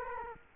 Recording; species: mosquito wingbeat signal from an infrared sensor; Culex quinquefasciatus